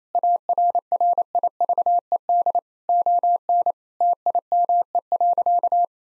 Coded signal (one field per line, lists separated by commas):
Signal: Morse code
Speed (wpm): 27 wpm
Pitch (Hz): 700 Hz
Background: none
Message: ARRIVED ON TIME.